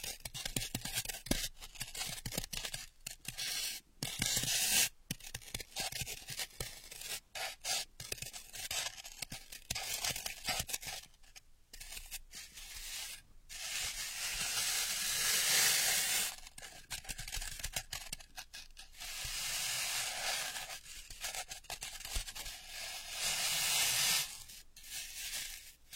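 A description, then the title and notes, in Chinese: Ear picking: scratchy, rubbing scrapes fill the clip, mostly bright and hissy, with frequent short bursts and many sharp breaks of near silence throughout. Longer, denser stretches of rubbing swell around 13–18 seconds and again near 20–23 seconds. 姐姐抠耳朵催眠8（声控助眠）。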